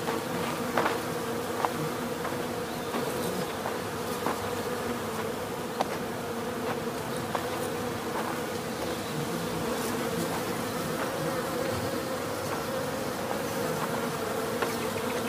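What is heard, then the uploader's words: Bees in their millions buzz in a thick, unbroken drone around a low hum, with brief clicks and louder passing buzzes scattered throughout. The buzzing of millions of bees building a massive hive.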